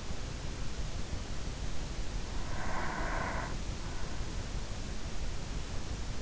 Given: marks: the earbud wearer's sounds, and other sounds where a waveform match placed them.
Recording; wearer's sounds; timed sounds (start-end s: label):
sounds in sleep by an in-ear microphone; breath
2.26-3.81 s: breath